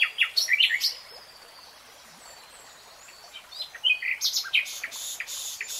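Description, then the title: Nightingale singing in two broken bursts of varied chirps, clicks and whistles, separated by a quiet stretch with steady background hiss. Nightingale singing, recorded in real time. "[Tiếng chim hót] 3 Hours REALTIME Nightingale Singing"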